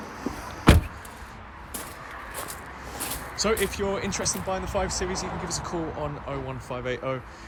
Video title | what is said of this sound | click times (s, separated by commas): BMW 5 Series 3.0 530d M Sport Touring - WALK AROUND VIDEO REVIEW - 4K | then we can pop the back up like so and that will click into place | 0.7 s